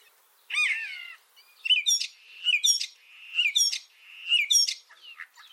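Common starling calls: a harsh downslurred note, then a string of buzzy, rattling notes with bright overtones, repeated roughly once a second.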